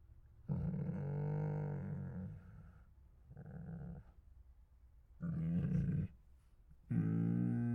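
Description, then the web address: Tiger giving four deep, rasping moans, the first about two and a half seconds and the others under one second, separated by short quiet pauses. Hungry tigers; groans, huffs, moans and snores. "Sound Ideas Tigers"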